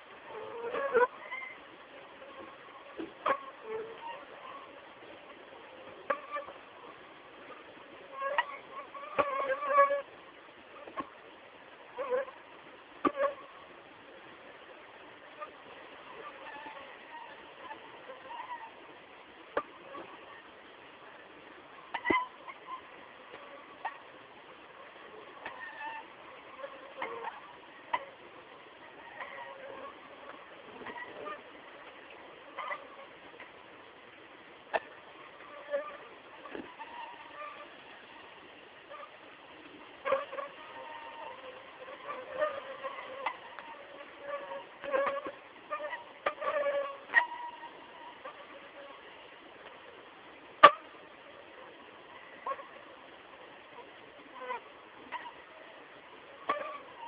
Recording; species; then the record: mosquito flight sound by mobile phone; Aedes aegypti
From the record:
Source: Auburn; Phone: Samsung T209